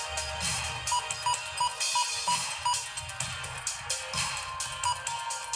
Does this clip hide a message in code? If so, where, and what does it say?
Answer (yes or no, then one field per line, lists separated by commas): no